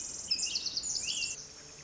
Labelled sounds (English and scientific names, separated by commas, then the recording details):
Pacific Wren (Troglodytes pacificus)
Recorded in Sonoma County, California